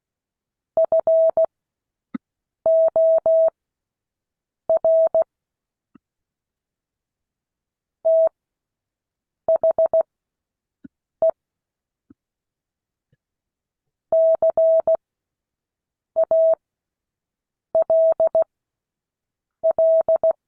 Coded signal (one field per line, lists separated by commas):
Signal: Morse code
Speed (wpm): 16 wpm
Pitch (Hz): 650 Hz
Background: none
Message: FOR THE CALL